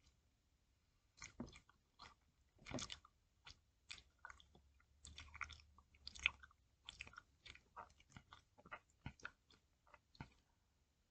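Someone eats chewy candy, with wet, sticky chewing sounds and small crunchy clicks coming in quick, irregular bursts. The chewing starts about a second in and keeps going to the end, with short pauses between bites, with a faint low hum underneath.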